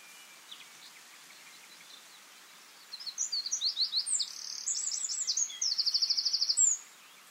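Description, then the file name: Eurasian wren song, a rapid high rattle and trill lasting about four seconds, preceded by faint notes, over a background hiss. "Troglodytes troglodytes"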